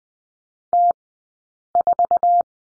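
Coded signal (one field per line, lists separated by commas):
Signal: Morse code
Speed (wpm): 20 wpm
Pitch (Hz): 700 Hz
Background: none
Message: T4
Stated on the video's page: Morse code course lesson on the number 4, Farnsworth speed 20/10 wpm.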